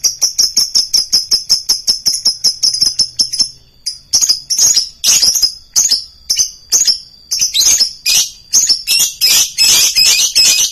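Lovebird rapid chattering, a fast run of sharp high chirps for a few seconds, then slower shrieking calls in an irregular series.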